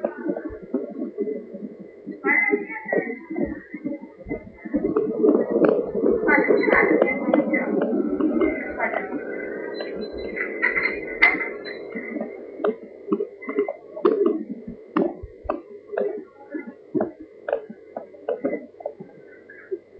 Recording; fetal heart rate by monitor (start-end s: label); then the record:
fetal heart sounds by stethoscope on the mother's abdomen
0.00-10.00 s: 120 bpm
10.00-20.00 s: 122 bpm
From the record:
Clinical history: preeclampsia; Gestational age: 40 weeks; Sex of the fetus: girl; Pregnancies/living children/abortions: 1/0/0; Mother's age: 31 years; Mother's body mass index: 32.7